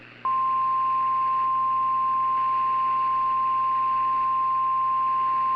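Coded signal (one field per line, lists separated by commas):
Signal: Emergency Alert System (SAME) tones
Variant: 1050 Hz attention tone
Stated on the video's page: Fictional EAS scenario with custom display font.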